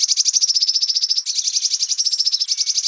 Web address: Parus caeruleus